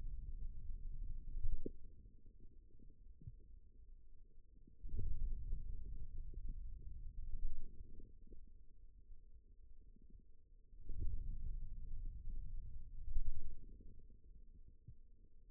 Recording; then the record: forearm muscle sounds (acoustic myography)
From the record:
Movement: ulnar deviation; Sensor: system 2, bracelet of six BSWA MPA416 microphones around the upper forearm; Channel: 6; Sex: male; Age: 22 years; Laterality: right